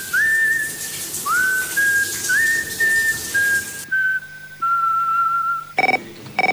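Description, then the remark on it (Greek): Someone whistles a tune alone, loud and clear, with a few notes that swoop upward into steady held pitches, then longer, slightly lower sustained tones near the end. “Σφυρίζω, αλλά δεν θα το ξέρετε εσείς.”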